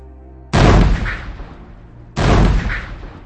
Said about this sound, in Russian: Сначала вспышка выстрела корабельной артиллерии, потом бьющий по нервам тугой звук.